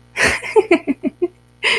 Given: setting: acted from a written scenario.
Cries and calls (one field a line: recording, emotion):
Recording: vocal sound without words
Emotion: amusement